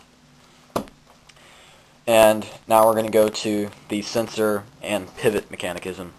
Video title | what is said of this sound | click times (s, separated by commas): Lego Mindstorms Rack & Pinion Tutorial | and add that to the back portion so that each of the gears locks into place and that it's firmly on the base | 0.8 s